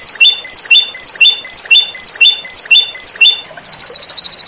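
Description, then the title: White-rumped shama repeating a high, sharp downslurred note pair about twice a second, ending in a rapid even trill of piercing notes. Masteran training recording for cage birds, titled Labaik. "MURAI BATU LABAIK"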